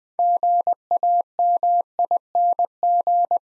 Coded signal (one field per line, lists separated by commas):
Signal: Morse code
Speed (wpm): 20 wpm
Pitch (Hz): 700 Hz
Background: none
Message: GAMING